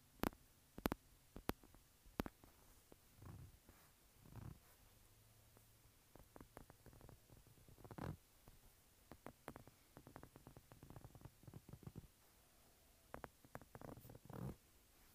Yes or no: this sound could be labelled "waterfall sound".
no